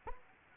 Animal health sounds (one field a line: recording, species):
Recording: mosquito wingbeat signal from an infrared sensor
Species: Anopheles arabiensis